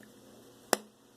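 A plastic cap is pushed onto a twist-up foundation stick tube and snaps shut with one sharp, bright click at 0.7 s over a faint, quiet background. The cap is seated and closed; it has to click to seal the stick, or the foundation will dry out.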